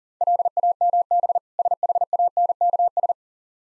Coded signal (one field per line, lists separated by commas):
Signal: Morse code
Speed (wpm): 40 wpm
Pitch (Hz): 700 Hz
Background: none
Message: LAMB SHANKS